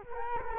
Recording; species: mosquito wingbeat signal from an infrared sensor; Culex quinquefasciatus